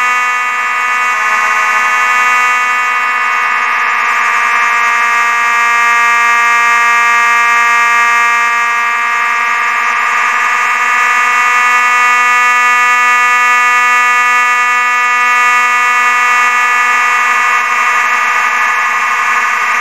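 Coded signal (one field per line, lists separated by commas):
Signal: alarm pattern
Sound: one continuous harsh electronic horn buzz, steady throughout with no breaks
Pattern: continuous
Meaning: A continuous sounding signals a fire alarm and evacuation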